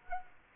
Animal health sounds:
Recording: mosquito wingbeat signal from an infrared sensor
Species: Culex quinquefasciatus

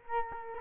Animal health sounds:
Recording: mosquito wingbeat signal from an infrared sensor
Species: Culex quinquefasciatus

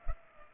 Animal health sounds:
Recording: mosquito wingbeat signal from an infrared sensor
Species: Culex pipiens

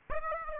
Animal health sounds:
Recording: mosquito wingbeat signal from an infrared sensor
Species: Aedes aegypti

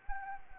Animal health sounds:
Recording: mosquito wingbeat signal from an infrared sensor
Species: Anopheles arabiensis

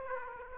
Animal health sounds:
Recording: mosquito wingbeat signal from an infrared sensor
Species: Aedes aegypti

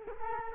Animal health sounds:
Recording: mosquito wingbeat signal from an infrared sensor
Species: Culex quinquefasciatus

